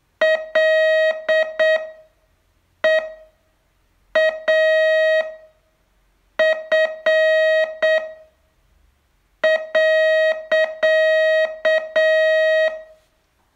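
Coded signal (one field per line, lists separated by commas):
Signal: Morse code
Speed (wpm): 7 wpm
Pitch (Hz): 630 Hz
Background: none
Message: LEAF.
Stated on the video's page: Morse training test, day 29 of a 42-day course.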